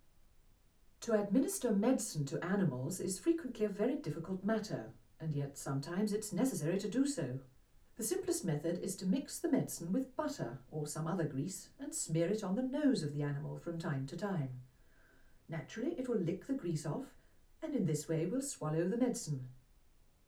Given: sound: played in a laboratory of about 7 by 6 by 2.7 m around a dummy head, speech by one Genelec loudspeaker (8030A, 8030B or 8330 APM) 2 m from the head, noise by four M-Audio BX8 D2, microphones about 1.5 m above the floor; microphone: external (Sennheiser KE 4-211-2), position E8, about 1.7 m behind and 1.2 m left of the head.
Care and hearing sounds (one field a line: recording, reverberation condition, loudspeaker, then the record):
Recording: female speech in English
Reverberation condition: low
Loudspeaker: in front (0 degrees)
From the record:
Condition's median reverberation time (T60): about 310 ms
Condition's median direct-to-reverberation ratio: about 3.5 dB